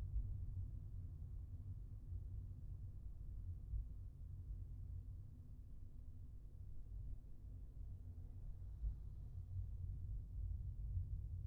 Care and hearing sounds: everyday scene through a hearing-aid microphone; in a vehicle; engine, traffic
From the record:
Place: Skoda Fabia, gasoline engine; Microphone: behind the ear, left, rear

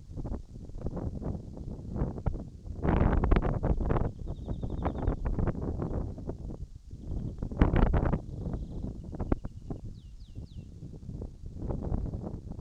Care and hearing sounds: everyday scene through a hearing-aid microphone; wind on the microphone; wind, birds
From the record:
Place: in front of a rural house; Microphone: in the ear canal, right

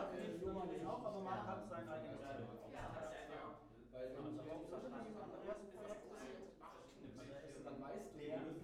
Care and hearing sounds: everyday scene through a hearing-aid microphone; many people talking; many voices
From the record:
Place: bistro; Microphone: behind the ear, left, front

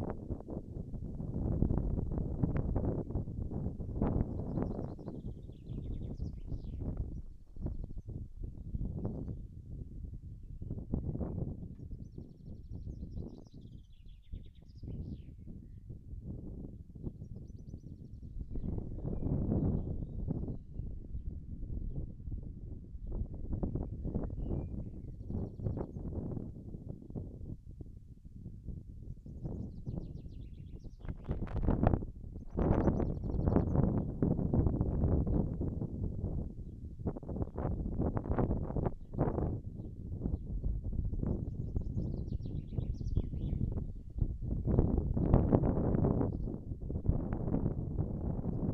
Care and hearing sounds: everyday scene through a hearing-aid microphone; wind on the microphone; wind, birds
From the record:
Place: in front of a rural house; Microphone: behind the ear, right, front

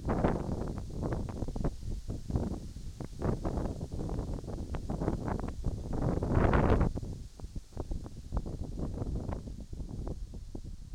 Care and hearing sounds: everyday scene through a hearing-aid microphone; wind on the microphone; wind, whistling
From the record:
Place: in front of a rural house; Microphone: in the ear canal, right

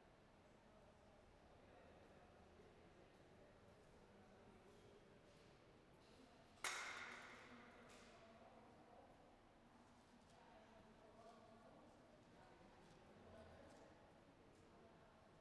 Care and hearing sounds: everyday scene through a hearing-aid microphone; reverberant space; background noise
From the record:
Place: railway station hall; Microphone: behind the ear, right, front

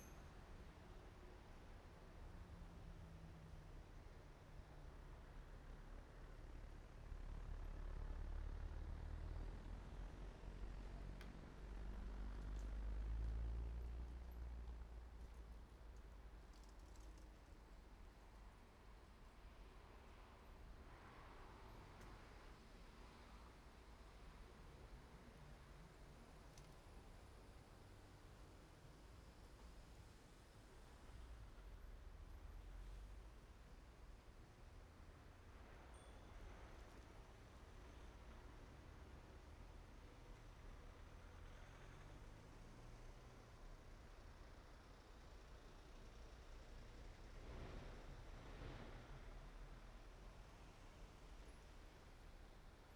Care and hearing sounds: everyday scene through a hearing-aid microphone; in traffic; traffic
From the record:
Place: main road on the outskirts, rush hour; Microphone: behind the ear, right, rear

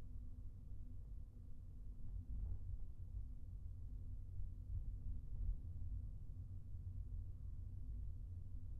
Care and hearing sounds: everyday scene through a hearing-aid microphone; in a vehicle; engine, highway traffic jam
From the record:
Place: Skoda Fabia, gasoline engine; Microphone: behind the ear, right, rear

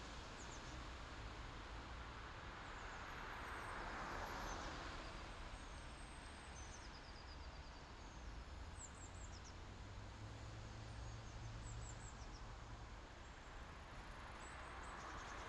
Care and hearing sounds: everyday scene through a hearing-aid microphone; in traffic; traffic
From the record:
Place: main city hub, rush hour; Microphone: in the ear canal, left

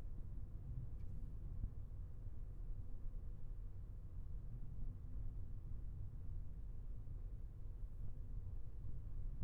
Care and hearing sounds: everyday scene through a hearing-aid microphone; in a vehicle; engine, traffic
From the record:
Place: Skoda Fabia, gasoline engine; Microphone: behind the ear, left, front

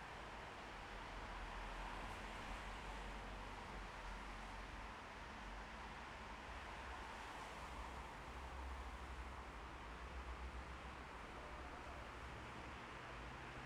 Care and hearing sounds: everyday scene through a hearing-aid microphone; in traffic; traffic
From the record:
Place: bus stop on a city main road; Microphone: behind the ear, left, rear

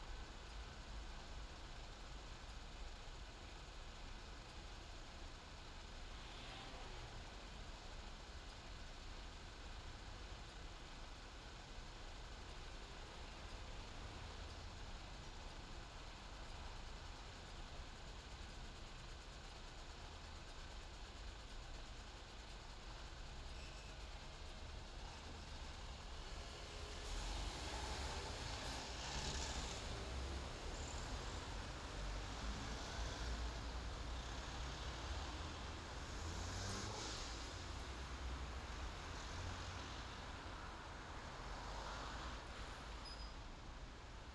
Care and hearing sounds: everyday scene through a hearing-aid microphone; in traffic; traffic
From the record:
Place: main city hub, rush hour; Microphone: in the ear canal, left

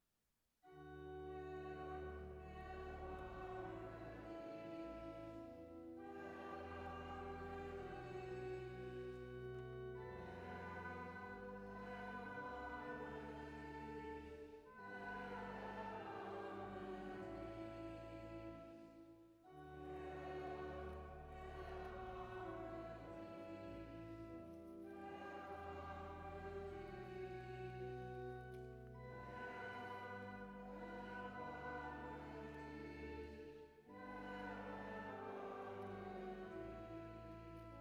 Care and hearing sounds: everyday scene through a hearing-aid microphone; reverberant space; music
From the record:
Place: church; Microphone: behind the ear, right, rear

